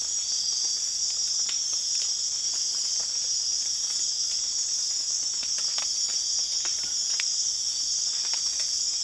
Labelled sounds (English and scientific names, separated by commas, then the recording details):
none
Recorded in secondary vegetation near Puerto Asís, Putumayo, Colombia, on 25 June 2025 at 04:00
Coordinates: 0.485, -76.322
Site GP06